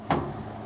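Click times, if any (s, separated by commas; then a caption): 0.1 s. A plastic drain pump screen cap on a Maytag Maxima MHW5100 front-load washer is turned into the pump housing until its small end tab hits the stop. A sharp knock at 0.1 s marks it, then it fades into a low steady hum. The cap is fully tight and locked in place so the O-ring seals.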